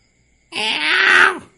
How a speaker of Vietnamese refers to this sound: Tiếng mèo kêu thê lương như tiếng trẻ con khóc lóc nỉ non. Ngôn Thường bên cạnh nghe thấy cũng toàn thân nổi da gà, theo bản năng cảm thấy đây là thứ yêu tà.